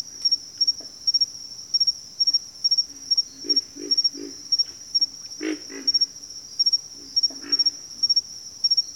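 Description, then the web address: Pig frogs grunting in short runs of two or three deep, rasping notes, with a steady high-pitched insect trill behind. "ENTER Music and Audio J - Nature Songs Nature Sounds Sounds of Nature Collection Pig Frogs"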